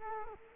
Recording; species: mosquito wingbeat signal from an infrared sensor; Culex quinquefasciatus